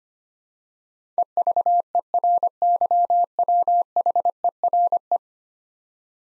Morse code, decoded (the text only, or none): EVERYWHERE